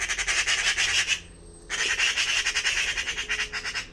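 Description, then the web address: A bird gives continuous harsh, rasping chatter of rapid pulses, broken by one brief pause before resuming. "cianscape birddata Deverinetal 2025"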